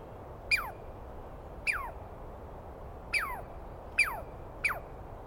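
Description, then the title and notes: Douglas squirrel calling with five loud, harsh notes, each dropping sharply in pitch, at irregular intervals. Wild animal, probably a Douglas pine squirrel, screaming at length; recorded at dawn, 21 April 2017, in the East Cascades; identified by sound, not clearly seen. "Interview With The Chipmunk. On the morning of 21 April, 2017, I set up my microphones and recorder for a nice dawn recording in the East Cascades. I was started awake by a screaming Douglas Pine Squirrel"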